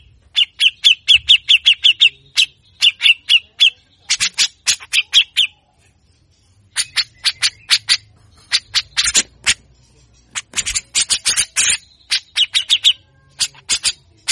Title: MASTERAN CUCAK JENGGOT GACOR FULL BESETAN KASAR DURASI PANJANG !!!. Cucak Jenggot Gacor Mbeset Ngotot Pancing Emosi Burung Bahan Bagus Untuk MASTERAN